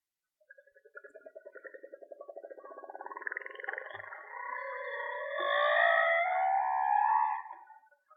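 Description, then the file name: Whale song opening with a rapid pulsed rattle that rises in pitch, then a long tonal wail that swells. Mono recording. "Whale Song-colin"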